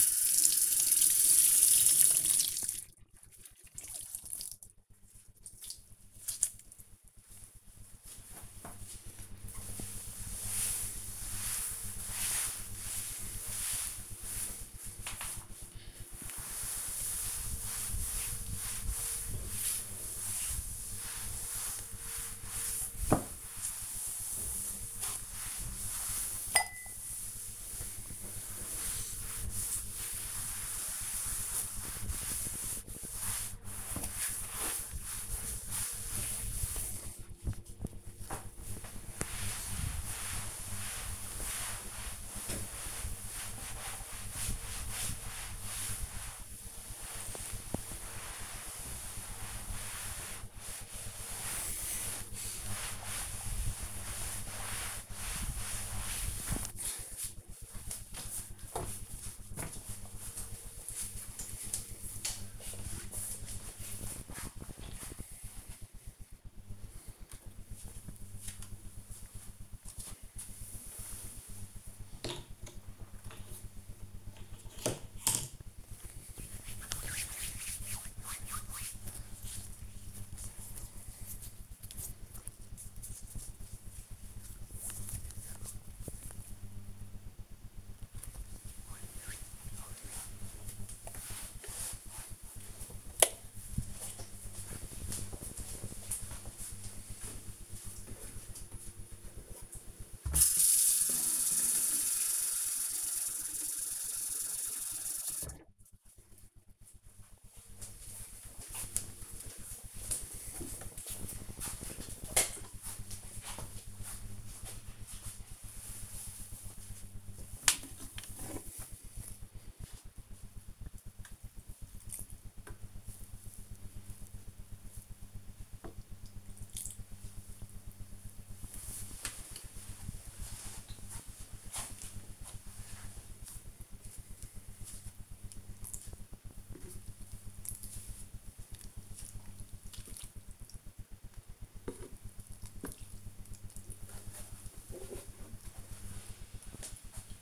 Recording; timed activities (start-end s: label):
household activities, microphone on the right wrist
0.00-57.58 s: cleaning table
66.63-87.76 s: cream hands
98.83-145.09 s: watering plant